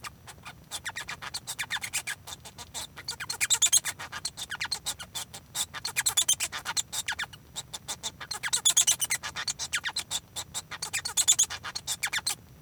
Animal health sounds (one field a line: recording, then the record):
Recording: song of a male Bengalese finch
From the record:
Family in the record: son of father 1